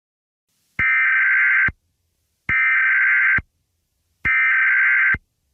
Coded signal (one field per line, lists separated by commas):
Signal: Emergency Alert System (SAME) tones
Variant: header bursts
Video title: EAS Scenario #5: Worst Day Ever